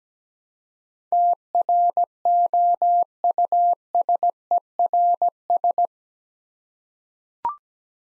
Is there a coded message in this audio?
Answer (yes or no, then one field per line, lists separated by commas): yes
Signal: Morse code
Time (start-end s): 1.1-5.9 s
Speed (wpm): 17 wpm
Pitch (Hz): 700 Hz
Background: none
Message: TROUSERS